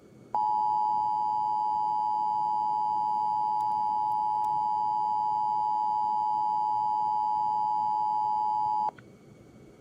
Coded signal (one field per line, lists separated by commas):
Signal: Emergency Alert System (SAME) tones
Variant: 853 and 960 Hz attention tone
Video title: 2018 National Periodic Test: KDRV Livestream (EAS #294)